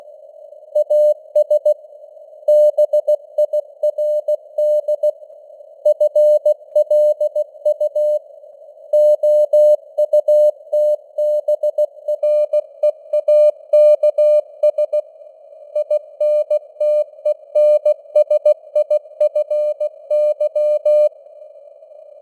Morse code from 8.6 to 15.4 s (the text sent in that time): OUTBREAKS